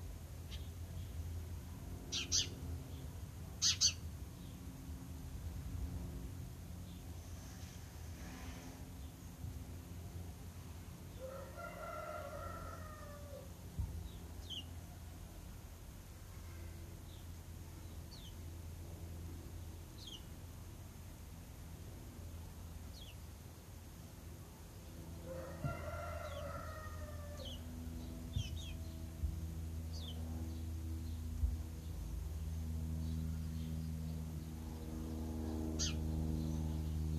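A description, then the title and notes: A garden in the city, with a steady low rumble of traffic underneath throughout. Around 12 and 26 seconds a bird, likely a rooster or fowl, calls twice, and sharp clicks and short chirps scatter through the clip, with a low engine hum rising near the end. City sounds and all around recording from my garden.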